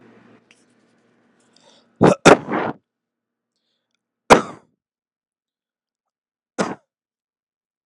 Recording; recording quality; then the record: heavy voluntary cough; excellent, no background noise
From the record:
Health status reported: healthy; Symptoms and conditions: diabetes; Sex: male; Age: 42 years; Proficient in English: yes